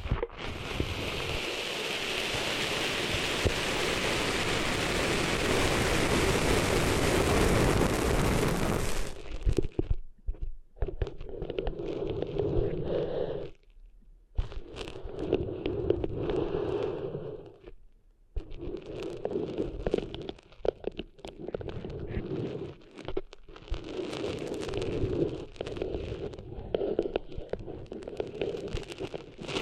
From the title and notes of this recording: ASMR Cleaning Sand Out of Your Ears (No Talking).